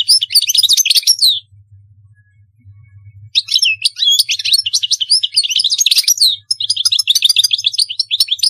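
European goldfinch song: a dense, tinkling twitter, a pause, then a longer run of rapid chirps, slurs and trills.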